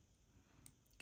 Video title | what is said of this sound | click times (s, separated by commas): Making a Multi-Strand Bracelet and Bonus Pendant Using Blue Steel Bead Strand from @JesseJamesBeads | okay you heard that lock into place it locked into place right | 1.0 s